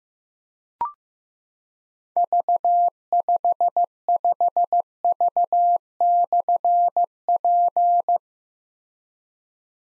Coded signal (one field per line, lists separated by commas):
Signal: Morse code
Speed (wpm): 15 wpm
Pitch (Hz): 700 Hz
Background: none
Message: V55V/P